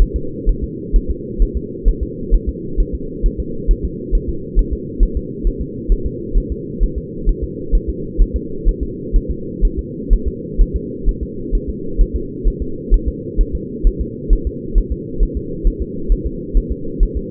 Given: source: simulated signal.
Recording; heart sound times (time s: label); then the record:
fetal heart sounds
0.02 s: S1
0.16 s: S2
0.49 s: S1
0.64 s: S2
0.96 s: S1
1.10 s: S2
1.42 s: S1
1.57 s: S2
1.88 s: S1
2.03 s: S2
2.34 s: S1
2.49 s: S2
2.80 s: S1
2.95 s: S2
3.26 s: S1
3.40 s: S2
3.71 s: S1
3.85 s: S2
4.15 s: S1
4.29 s: S2
4.59 s: S1
4.73 s: S2
5.03 s: S1
5.17 s: S2
5.47 s: S1
5.61 s: S2
5.92 s: S1
6.06 s: S2
6.38 s: S1
6.52 s: S2
6.83 s: S1
6.98 s: S2
7.29 s: S1
7.43 s: S2
7.75 s: S1
7.89 s: S2
8.21 s: S1
8.36 s: S2
8.68 s: S1
8.83 s: S2
9.16 s: S1
9.31 s: S2
9.65 s: S1
9.79 s: S2
10.13 s: S1
10.28 s: S2
10.61 s: S1
10.76 s: S2
11.09 s: S1
11.23 s: S2
11.55 s: S1
11.69 s: S2
12.01 s: S1
12.16 s: S2
12.48 s: S1
12.62 s: S2
12.94 s: S1
13.08 s: S2
13.41 s: S1
13.55 s: S2
13.87 s: S1
14.01 s: S2
14.33 s: S1
14.47 s: S2
14.78 s: S1
14.92 s: S2
15.23 s: S1
15.37 s: S2
15.67 s: S1
15.82 s: S2
16.12 s: S1
16.26 s: S2
16.57 s: S1
16.72 s: S2
17.03 s: S1
17.17 s: S2
From the record:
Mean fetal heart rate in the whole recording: 130 bpm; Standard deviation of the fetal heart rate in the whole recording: 4 bpm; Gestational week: 38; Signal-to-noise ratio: -4.3 dB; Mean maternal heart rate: 72 bpm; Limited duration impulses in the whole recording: present